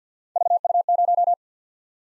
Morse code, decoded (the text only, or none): VU0